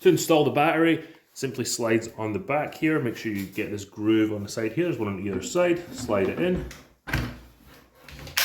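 Someone talks while a battery pack is slid along the grooves on either side onto the back of an Ego 56V string trimmer. Small knocks follow, then a loud click at 8.4 s as the pack latches and seats in the battery slot.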